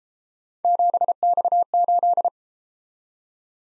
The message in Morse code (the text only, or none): 7X8